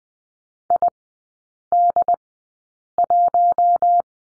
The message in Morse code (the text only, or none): ID1